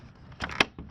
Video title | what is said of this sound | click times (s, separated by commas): Precision 2.0Li Cordless Battery Operated Vacuum Revised and Updated Edition! By Water Tech | it'll lock into place | 0.6 s